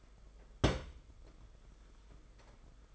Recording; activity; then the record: daily activity, microphone in the room; place on stove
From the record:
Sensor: 5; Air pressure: 991.1 hPa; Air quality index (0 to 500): 91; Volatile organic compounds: 11 ppm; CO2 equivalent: 2303 ppm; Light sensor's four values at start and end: 33/104/40/43 and 33/103/40/42